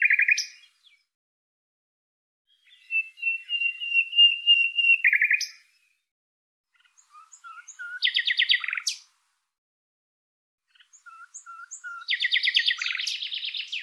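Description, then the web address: Bird singing in separate bursts of chattering trills and short whistled notes, each phrase up to about three seconds long with silent gaps of about two seconds between them. "Deverinetal 2025"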